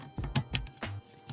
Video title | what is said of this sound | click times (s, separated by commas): Everyday Carry Medium Format! | make sure that spins freely hear that click so now that spins freely perfect | 0.4 s